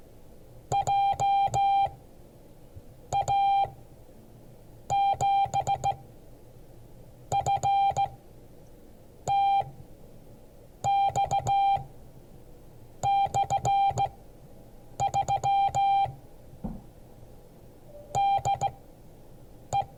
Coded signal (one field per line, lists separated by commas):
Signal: Morse code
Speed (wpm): 15 wpm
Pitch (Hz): 790 Hz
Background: none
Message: JA7FTX/3 DE